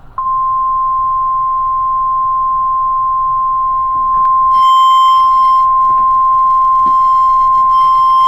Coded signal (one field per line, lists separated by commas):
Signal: Emergency Alert System (SAME) tones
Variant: 1050 Hz attention tone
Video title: A Very Merry TOA - EAS #2